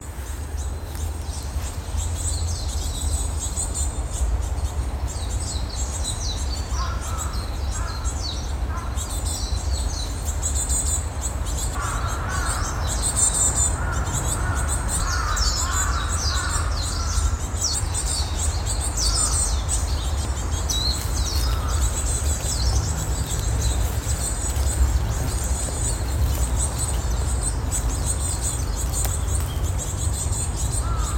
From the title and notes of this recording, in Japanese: 公園の朝散歩より508シジュウカラ幼鳥。